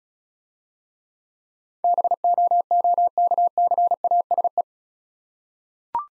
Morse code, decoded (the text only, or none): BOOKCASE